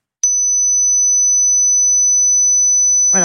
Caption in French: Ce qu'entend justement une personne qui souffre d'acouphènes. C'est ce bruit-là. Si on ne l'entend pas, oui, il faut aller voir un audioprothésiste. On a une petite perte d'audition. Les pertes d'audition, enfin, ce qu'on appelle la presbyacousie, bah, ça commence par les aigus. Et voilà, ce type de bruit, on peut ne pas l'entendre passer, on va dire, 60 ans.